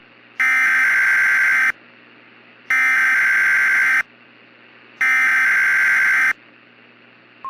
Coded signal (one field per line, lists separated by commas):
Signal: Emergency Alert System (SAME) tones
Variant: header bursts